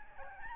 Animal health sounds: mosquito wingbeat signal from an infrared sensor; Aedes albopictus

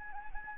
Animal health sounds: mosquito wingbeat signal from an infrared sensor; Anopheles gambiae

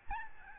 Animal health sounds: mosquito wingbeat signal from an infrared sensor; Aedes albopictus

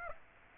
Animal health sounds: mosquito wingbeat signal from an infrared sensor; Aedes aegypti

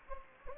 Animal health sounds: mosquito wingbeat signal from an infrared sensor; Anopheles gambiae

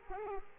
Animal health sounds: mosquito wingbeat signal from an infrared sensor; Aedes aegypti

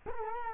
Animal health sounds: mosquito wingbeat signal from an infrared sensor; Culex quinquefasciatus

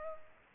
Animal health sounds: mosquito wingbeat signal from an infrared sensor; Culex pipiens

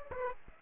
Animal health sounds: mosquito wingbeat signal from an infrared sensor; Aedes aegypti

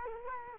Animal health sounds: mosquito wingbeat signal from an infrared sensor; Culex quinquefasciatus

